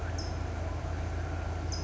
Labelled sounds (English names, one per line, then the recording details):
California Towhee
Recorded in Sonoma County, California